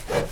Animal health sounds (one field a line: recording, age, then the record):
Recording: pig call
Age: piglet (1 to 25 days)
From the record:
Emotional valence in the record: positive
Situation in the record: reunion after long isolation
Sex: male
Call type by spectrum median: low-frequency call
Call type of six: low-frequency tonal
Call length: 0.32 s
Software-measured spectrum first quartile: 394 Hz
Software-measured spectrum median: 667 Hz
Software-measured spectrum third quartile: 2006 Hz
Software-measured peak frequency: 477 Hz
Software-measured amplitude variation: 169 dB a second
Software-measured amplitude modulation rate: 18.8 a second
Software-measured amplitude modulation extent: 9.0 dB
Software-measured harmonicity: 0.3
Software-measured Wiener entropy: -1.55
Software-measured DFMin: 794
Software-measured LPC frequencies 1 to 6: 556, 1431, 3063, 4064, 5164, 6762 Hz